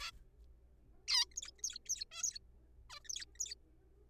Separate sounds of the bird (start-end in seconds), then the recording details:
0.01-0.10, 1.08-1.25, 1.32-1.35, 1.37-1.41, 1.43-1.51, 1.59-1.61, 1.64-1.78, 1.85-1.89, 1.89-2.04, 2.12-2.23, 2.23-2.38, 2.90-2.99, 3.05-3.09, 3.09-3.25, 3.35-3.39, 3.40-3.54. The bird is a juvenile. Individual R3428